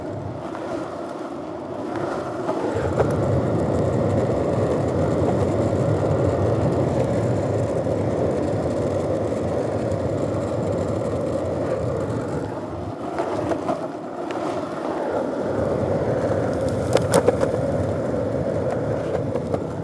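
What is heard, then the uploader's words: A vehicle cruises along a fairly smooth path, its low rumble and rolling noise steady and dense for nearly the whole stretch, easing briefly near 2 and 13 seconds. A few sharp snaps, like twigs breaking under the wheels, cut through around 17 seconds. Lakeshore Path. On a warm and breezy day, we cruise along a relatively smooth path near the lake's shoreline. A few twigs occasionally get in the way.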